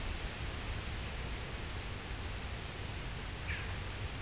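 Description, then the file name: Field cricket song, a steady high chirping trill held on one pitch throughout with slight pulsing, one brief faint extra note near the end, low background rumble. "Gryllus campestris"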